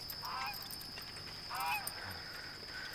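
Poultry in cages on a German soldiers' horse cart loaded with sacks and baskets, cackling and honking in a few short, nasal bursts, separated by brief pauses, over a steady background hiss with a faint high whine running throughout.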